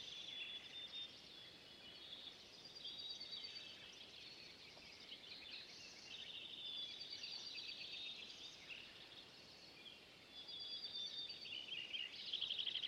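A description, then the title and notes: A dense dawn chorus of overlapping birdsong trills and chirps continuously through a steady outdoor hiss, growing a little louder near the end. ThirtymileMeadows Across The Dawn. Just 5 miles/ 8 km from the oncoming edge of the Cub Creek fire here in Washington is one of my most favorite places to record anywhere.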